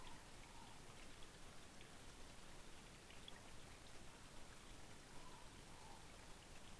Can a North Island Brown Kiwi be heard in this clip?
no